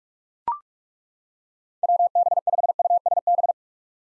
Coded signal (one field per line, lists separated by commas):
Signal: Morse code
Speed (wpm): 42 wpm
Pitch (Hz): 700 Hz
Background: none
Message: WB5USB